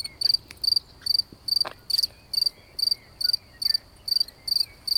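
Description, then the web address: Cricket chirping in regular pulsed bursts about twice a second, a few soft ticks and brief clatter mixed in. Recorded during an evening walk. "Abendspaziergang. Grillen"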